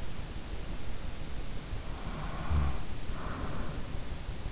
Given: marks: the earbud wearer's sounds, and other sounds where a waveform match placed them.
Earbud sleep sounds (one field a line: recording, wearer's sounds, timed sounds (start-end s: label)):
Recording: sounds in sleep by an in-ear microphone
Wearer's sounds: breath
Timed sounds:
2.12-3.71 s: breath